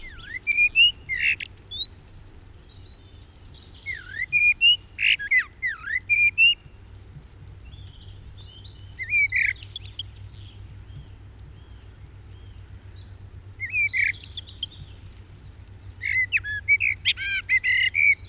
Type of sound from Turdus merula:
song